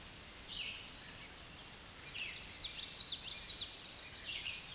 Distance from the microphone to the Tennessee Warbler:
about 20 m